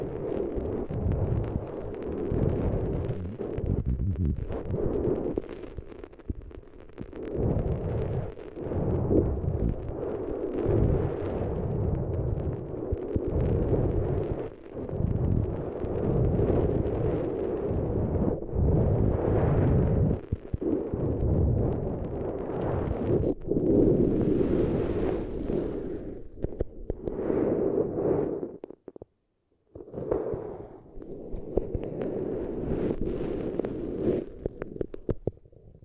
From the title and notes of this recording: ASMR Intense Brain Tingles with Eardrum Treatment (No Talking).